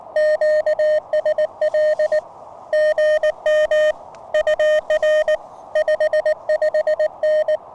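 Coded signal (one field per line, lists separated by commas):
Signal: Morse code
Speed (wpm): 21 wpm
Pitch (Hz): 610 Hz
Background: none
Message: QSL GM UR 55N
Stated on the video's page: POTA CW activation with an Elecraft K1 keyed by a prototype paddle, using an end-fed half-wave antenna with 40 m wire add-on.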